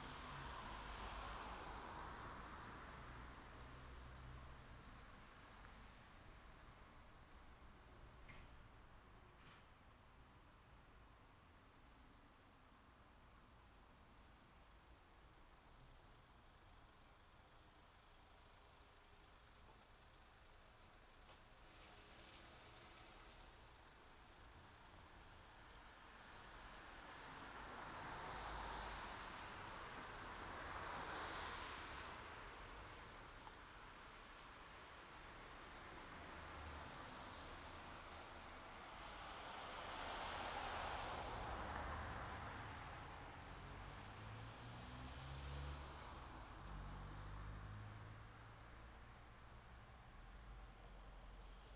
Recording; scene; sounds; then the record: everyday scene through a hearing-aid microphone; in traffic; traffic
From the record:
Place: city secondary road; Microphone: in the ear canal, left